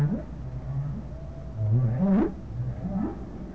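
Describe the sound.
Whale calls: low grunting moans and a rising whoop, short and rumbling, set against constant low-frequency background noise.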